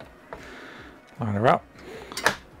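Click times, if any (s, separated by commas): 2.3 s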